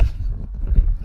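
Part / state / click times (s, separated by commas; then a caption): camera quick-release plate into tripod head / not seated / none. A camera's quick-release plate is pushed into a tripod head, but it doesn't lock because it won't snap into place properly. Only faint scraping and handling sounds are heard over a low rumble, and nothing has seated or clicked yet.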